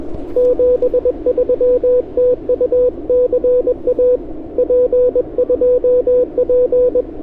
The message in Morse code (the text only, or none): 73 TU CA P2P